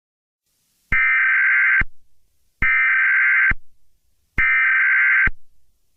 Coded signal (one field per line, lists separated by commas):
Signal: Emergency Alert System (SAME) tones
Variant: header bursts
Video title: EAS Scenario #6: Great Terror Attack of London.